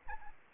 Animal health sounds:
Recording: mosquito wingbeat signal from an infrared sensor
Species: Anopheles arabiensis

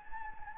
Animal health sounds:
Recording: mosquito wingbeat signal from an infrared sensor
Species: Anopheles gambiae

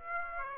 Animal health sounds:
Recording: mosquito wingbeat signal from an infrared sensor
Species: Aedes aegypti

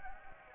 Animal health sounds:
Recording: mosquito wingbeat signal from an infrared sensor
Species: Anopheles gambiae

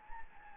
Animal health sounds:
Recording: mosquito wingbeat signal from an infrared sensor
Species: Anopheles gambiae

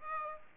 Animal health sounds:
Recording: mosquito wingbeat signal from an infrared sensor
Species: Aedes aegypti

